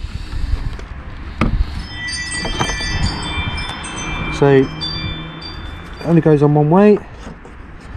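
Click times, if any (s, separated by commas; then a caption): none. Someone talks while handling the wiring loom connector at the rear light cluster bulb holder of a 2013 Vauxhall Astra J after a brake light bulb change; the plug only goes on one way. A single sharp hit is heard at 1.4 s, alongside chime-like tones, but nothing has seated or clicked yet.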